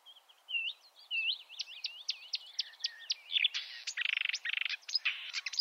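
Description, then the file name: Marsh warbler song of twisting whistled slurs and chips building into loud buzzy rattles and harsh bursts, over a faint background hiss. "suara-kicauan-burung-marsh-warbler -omkicau"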